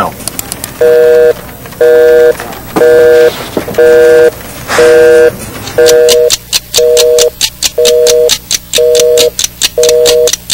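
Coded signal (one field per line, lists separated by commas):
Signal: telephone call progress tone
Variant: North America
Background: speech, music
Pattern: busy tone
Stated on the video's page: Busy signal in a circa-2000 TV commercial for a no-busy-signal guarantee.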